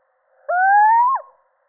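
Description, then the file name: Little owl producing one clear, rising mellow hoot lasting over half a second, ending in an abrupt downward slur, against a quiet background. Male. "Sycek obecny samec"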